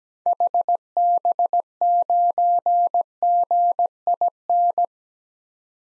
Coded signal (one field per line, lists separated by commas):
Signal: Morse code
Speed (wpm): 17 wpm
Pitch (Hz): 700 Hz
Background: none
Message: HB9GIN